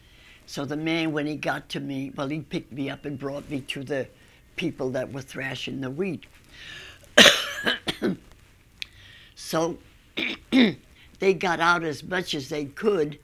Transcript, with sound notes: So the man when he got to me, well he picked me up, and brought me to the people that were thrashing the wheat. (she coughs) So they got out as much as they could.